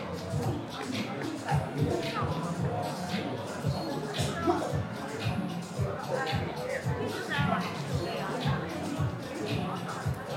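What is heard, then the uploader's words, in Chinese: Evening crowd at the Apple store in Sanlitun, Beijing: a steady, dense babble of many overlapping voices with no single speaker standing out. Footsteps and shuffling run underneath, with small clicks and brief brighter sounds scattered throughout. 晚上八点的Apple店｜城市声音。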